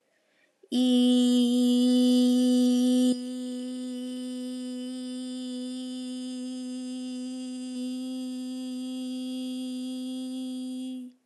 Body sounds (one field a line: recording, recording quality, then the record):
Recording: sustained vowel as in beet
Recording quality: excellent, no background noise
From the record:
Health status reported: healthy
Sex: female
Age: 19 years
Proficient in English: yes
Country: India